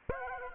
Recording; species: mosquito wingbeat signal from an infrared sensor; Aedes aegypti